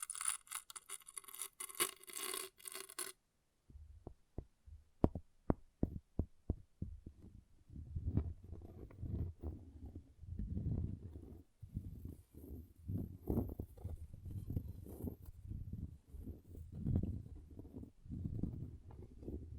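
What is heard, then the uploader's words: An object scratching, with a bright, rough burst of scraping in the first three seconds. After a short pause come a run of sharp, evenly spaced taps, then a dense, uneven stretch of low thumping and rubbing that continues to the end. ASMR Brain Melting Object Scratching (No Talking).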